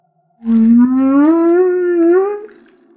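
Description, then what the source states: Humpback whale moan: one sustained, resonant tone climbing gradually over about two seconds, with a slight upward lift before it trails off. Maui.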